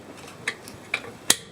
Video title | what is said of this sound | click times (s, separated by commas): How to Fix a Washing Machine That Does Not Spin (Fast and Easy) | you just tilt the motor back like that that'll clip in | 0.9 s, 1.3 s